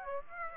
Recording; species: mosquito wingbeat signal from an infrared sensor; Aedes aegypti